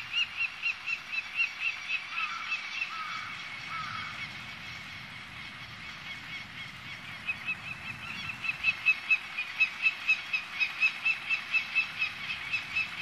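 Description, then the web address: Peregrine falcon calling, a rapid series of sharp repeated notes that fades, then resumes, with a few lower notes and background rumble. Sakhalin and Kuril Islands. "priroda sakhalina i kuril. Falco peregrinus"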